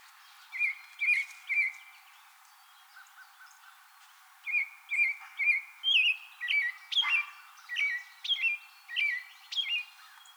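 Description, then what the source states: American robin song: three whistled phrases, a short pause, then a steady string of caroling phrases with a few sharp higher notes, roughly two per second. Recorded 24 April 2020.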